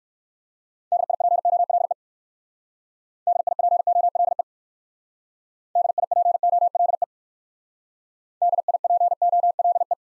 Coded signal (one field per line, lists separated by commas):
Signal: Morse code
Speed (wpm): 53 wpm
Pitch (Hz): 700 Hz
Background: none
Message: DIPOLE DIPOLE DIPOLE DIPOLE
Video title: Top 90 QSO Elements - Speed-Racing - 45wpm